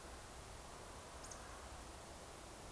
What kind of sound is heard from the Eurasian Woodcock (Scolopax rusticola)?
whistle